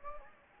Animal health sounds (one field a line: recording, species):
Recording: mosquito wingbeat signal from an infrared sensor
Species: Anopheles gambiae